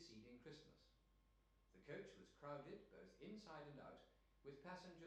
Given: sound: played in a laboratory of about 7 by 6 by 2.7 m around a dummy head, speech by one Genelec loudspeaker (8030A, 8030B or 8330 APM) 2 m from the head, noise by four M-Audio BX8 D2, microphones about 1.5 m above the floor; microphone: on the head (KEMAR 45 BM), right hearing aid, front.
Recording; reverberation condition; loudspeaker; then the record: male speech in English; medium; 90 degrees to the left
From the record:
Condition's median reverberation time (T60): about 510 ms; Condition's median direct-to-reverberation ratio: about -0.5 dB